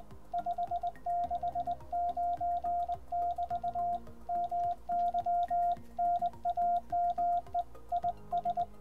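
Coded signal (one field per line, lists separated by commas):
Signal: Morse code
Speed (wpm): 21 wpm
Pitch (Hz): 700 Hz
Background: music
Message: 569<BT> MY NAME IS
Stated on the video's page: Sent on a Begali Sculpture Arrow key.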